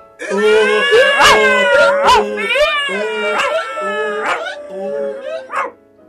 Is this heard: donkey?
yes